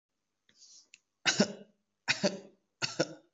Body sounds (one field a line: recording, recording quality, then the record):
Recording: shallow voluntary cough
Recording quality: excellent, no background noise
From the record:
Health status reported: COVID-19 positive, mild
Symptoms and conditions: fever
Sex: male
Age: 40 years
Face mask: not worn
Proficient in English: no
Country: India